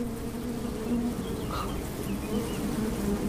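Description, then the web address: Bees buzzing in a steady low hum. "Bienen lang. gymnasium kenzingen"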